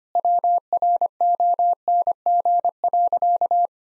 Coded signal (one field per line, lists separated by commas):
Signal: Morse code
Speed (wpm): 25 wpm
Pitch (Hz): 700 Hz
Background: none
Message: WRONG.